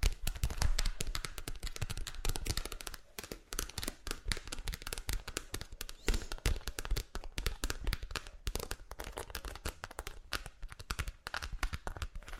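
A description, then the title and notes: Rapid, dense tapping on hard objects, sharp clicks and knocks crowding together, with a few louder thumps early on. Ear To Ear Relaxing Tapping on Different Objects（No Talking）.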